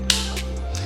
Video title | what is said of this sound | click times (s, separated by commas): #Leffe #Royale IPA Keg review for #PerfectDraft | i can confirm that that does actually work so listen for the click and | 0.1 s